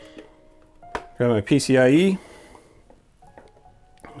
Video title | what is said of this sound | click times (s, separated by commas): Step by Step Guide to Building a Computer - The Build | to go into that one and that just pops in there until it clicks | 1.0 s